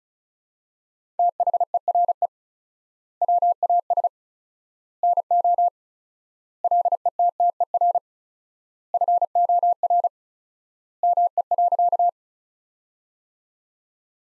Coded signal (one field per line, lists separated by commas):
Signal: Morse code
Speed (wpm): 36 wpm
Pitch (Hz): 700 Hz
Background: none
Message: THERE WAS NO LETTER FOR ME.